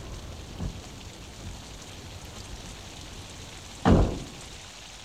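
rain falling

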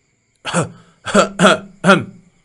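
two dry coughs

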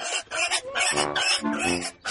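pig squealing loudly

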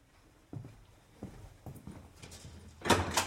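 door opening

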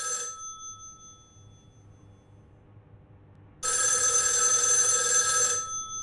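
telephone bell ringing

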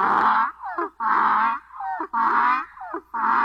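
donkey braying

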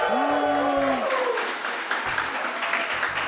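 audience applause

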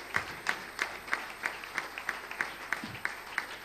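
audience applause

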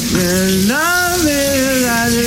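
shower water running

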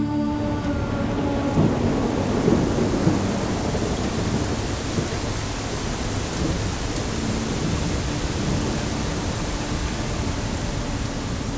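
heavy rain with thunder

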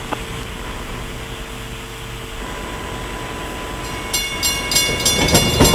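train passing on rails

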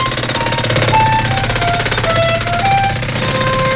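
jackhammer

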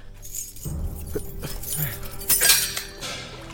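keys jangling

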